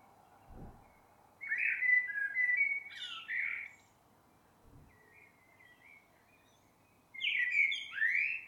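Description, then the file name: Common blackbird song of short fluted warbles with squeaky high flourishes, loud phrases separated by softer notes and pauses; a couple of dull low thumps also heard. "Turdus merula"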